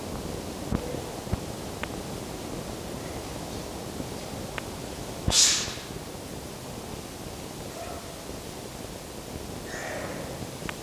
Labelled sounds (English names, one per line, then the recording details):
Red Fox
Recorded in captivity
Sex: female
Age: adult
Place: Zoologisches Institut der HUB, Berlin, DE
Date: 1954-02-08 18:40
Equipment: Elmetra
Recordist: Tembrock, Günter